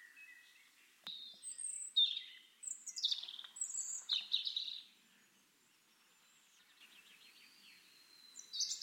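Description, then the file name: European robin singing a fairly quiet run of high, thin, descending and trilled notes, then a pause with soft background hiss before a brief note at the end, and a single sharp click early on. "Erithacus rubecula"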